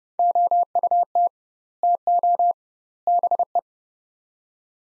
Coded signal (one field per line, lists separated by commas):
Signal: Morse code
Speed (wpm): 30 wpm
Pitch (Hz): 700 Hz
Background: none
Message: OUT TO BE